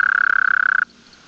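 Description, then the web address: Toad trill, a rapid pulsed buzz held steady at one mid pitch for under a second, then cutting off abruptly into quiet. "Bufonidae"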